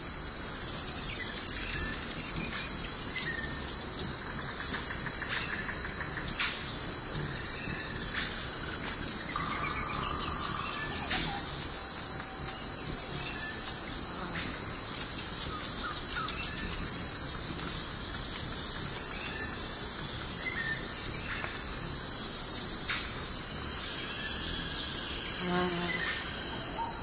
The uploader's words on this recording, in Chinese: 晨起森林太阳升起。